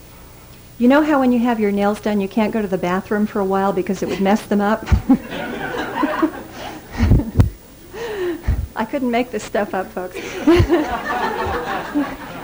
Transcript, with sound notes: You know how when you have your nails done, you can’t go to the bathroom for a while because it would mess them up.”
(audience laughing)
I couldn’t make this stuff up, folks.